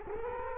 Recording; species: mosquito wingbeat signal from an infrared sensor; Culex quinquefasciatus